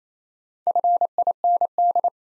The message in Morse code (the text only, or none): FIND